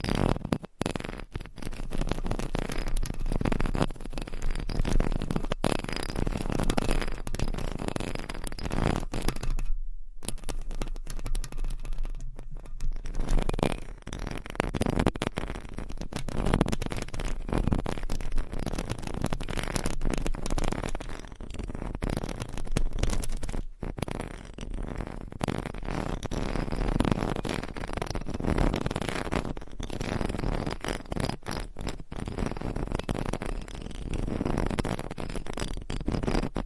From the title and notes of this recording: ASMR Mic Scratching Brain Scratching with 50 DIFFERENT MICS Covers & Nails No Talking.